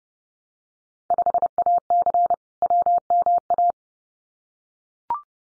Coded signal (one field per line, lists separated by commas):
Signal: Morse code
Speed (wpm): 29 wpm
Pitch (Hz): 700 Hz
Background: none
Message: 5AC WMA